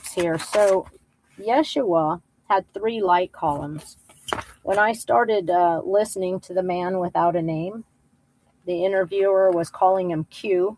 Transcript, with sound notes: So, Yeshua had three light columns. (papers rustling) When I started, uh, listening to the Man without a Name, the interviewer was calling him Q.